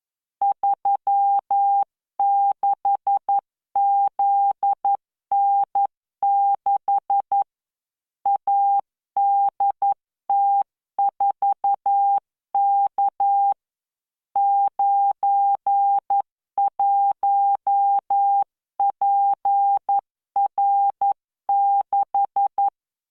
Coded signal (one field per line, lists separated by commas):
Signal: Morse code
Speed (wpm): 11 wpm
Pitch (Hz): 800 Hz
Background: none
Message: 36ZN6 ADT4K 91PR6